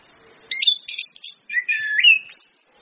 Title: PANCINGAN anis kembang ngeplong dan SUITAN BETINA